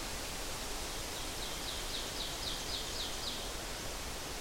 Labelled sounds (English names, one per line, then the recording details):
Ovenbird song
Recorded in boreal forest in Alberta, Canada, on 12 June 2016 at 07:15
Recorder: SongMeter 3, array SBT-3-18
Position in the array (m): 60 m, 315 m
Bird 32